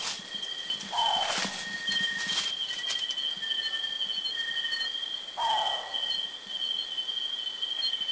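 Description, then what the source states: Philippine frogmouth giving two short, harsh, falling calls about four seconds apart, over steady high-pitched insect drones and some brief tapping noises. Recorded at Kitanglad, Philippines, in 2010.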